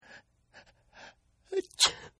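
Three short breathy intakes build up, followed by a sharp, loud, hissy burst that fades quickly. It is a single acted sneeze.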